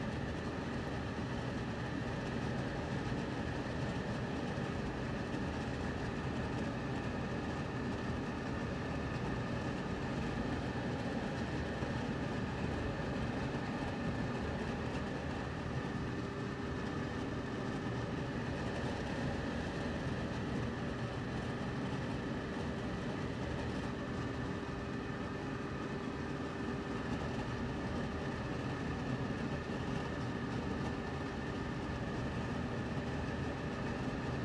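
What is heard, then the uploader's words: A fan runs steadily throughout, a dense, unchanging rush with a deep rumbling low end. A faint, constant whine sits above the rush at a couple of fixed pitches. Nothing else happens; the level stays even from start to finish. This is a fan background noise to help reduce stress.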